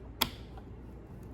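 A plastic battery hold-down latch is closed over a four-cell LiPo battery pushed into its slot in the chassis of a Traxxas UDR RC truck. A single sharp snap at 0.2 s marks the latch clicking shut, followed by a much fainter tick near 0.6 s against a quiet background. The latch is seated.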